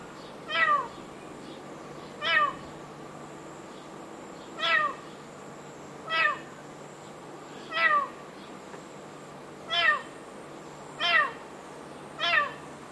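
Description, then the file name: Cat: kitten meowing in short, urgent, falling cries, repeated about every one to two seconds, eight calls in a row. Kitten, panicked meow sequence. "ANIMAL KITTEN PANICKED MEOW SEQUENCE"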